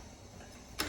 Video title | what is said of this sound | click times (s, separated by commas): How to Use a Wheelchair | and locked into place. | 0.8 s